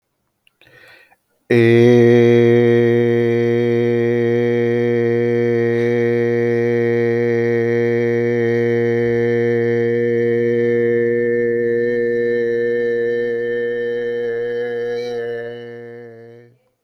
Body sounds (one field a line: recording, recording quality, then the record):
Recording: sustained vowel as in made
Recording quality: excellent, no background noise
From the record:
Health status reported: healthy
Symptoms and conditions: none ticked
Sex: male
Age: 54 years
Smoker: not ticked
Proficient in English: yes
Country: India